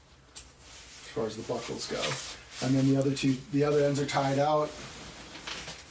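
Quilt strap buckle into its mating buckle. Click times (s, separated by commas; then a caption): 0.4 s. A quilt's pad strap buckle is pressed into its mating buckle and snaps into place with a short, sharp click at 0.4 s. Someone then talks for the rest of the clip.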